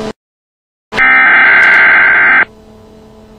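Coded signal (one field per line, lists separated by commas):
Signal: Emergency Alert System (SAME) tones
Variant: header bursts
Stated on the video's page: Simulated NOAA tornado warning with a Federal Signal Thunderbolt 1000 siren, made with a DECtalk-voiced non-SAME header-capable device.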